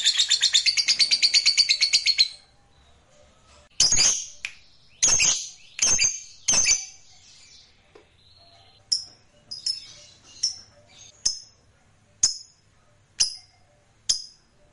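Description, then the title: Lovebird giving a two-second burst of rapid, high chattering, then sharp squawks and short chips spaced about a second apart. "Suara Lovebird"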